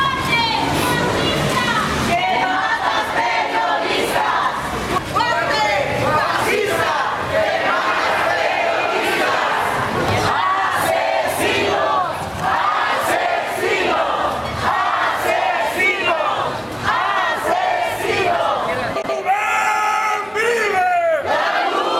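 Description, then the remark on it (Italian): A large protest crowd in Mexico, protesting the killing of photojournalist Rubén Espinosa, shouts and yells continuously, many voices overlapping in a loud, dense roar with rhythmic chanting bursts and sharp whistle-like cries rising above the din. “Che state sentendo è il suono, sono le urla, sono le proteste di una delle tante ultime che sono avvenute dopo l'uccisione di Ruben, il fotogiornalista Ruben Espinosa, ennesimo giornalista ucciso in Messico.”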